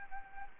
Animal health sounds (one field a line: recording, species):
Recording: mosquito wingbeat signal from an infrared sensor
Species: Anopheles gambiae